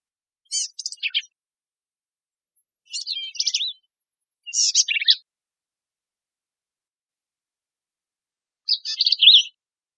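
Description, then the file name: Black-capped vireo singing four brief jumbled phrases of sharp, chattering high notes, separated by pauses, in silence. Texas, 26 June 2005. "BCVI 1 TX 062605"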